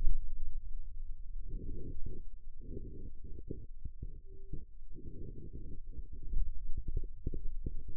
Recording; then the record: forearm muscle sounds (acoustic myography)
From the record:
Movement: pen grasping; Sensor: system 2, bracelet of six BSWA MPA416 microphones around the upper forearm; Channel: 5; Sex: male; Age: 22 years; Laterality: right